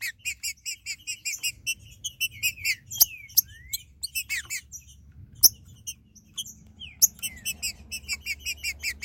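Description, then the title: Green-winged saltator singing rapid repeated high notes with a pair of sweeping slurs, over a steady low hum and occasional clicks. "Trinca Ferro"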